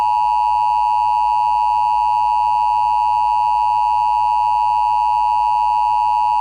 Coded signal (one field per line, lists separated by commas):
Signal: Emergency Alert System (SAME) tones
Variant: 853 and 960 Hz attention tone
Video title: EAS Scenario - Skies of Ash